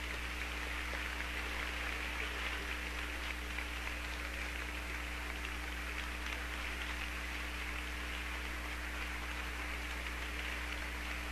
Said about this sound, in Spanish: Y escuchamos los aplausos del público que se ha dado cita en el Centro Cultural Flagnar de la Universidad Veracruzana con la interpretación de la Sinfonía número 2 India de Carlos Chávez con el Orquesta Sinfónica de Jalapa, quien se pone de pie